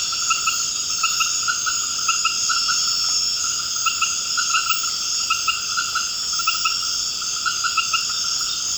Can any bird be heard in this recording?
no